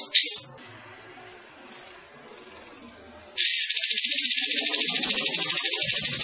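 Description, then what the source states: Bulbul song: a short high burst, about three seconds of near silence, then a sustained rapid buzzy trill repeated in fast pulses. Singing actively, described as gacor.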